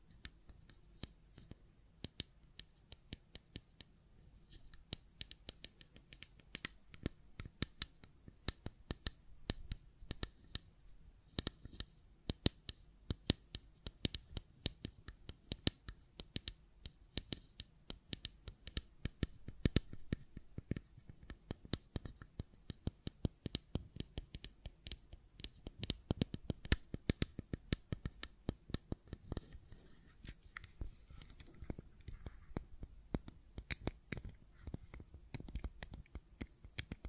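Tapping and clicking on a fidget cube, a dense stream of short, sharp clicks with no steady rhythm, sometimes bunching into quick bursts. The clicks vary in loudness, with a few louder snaps, over a faint scratchy rustle of handling throughout.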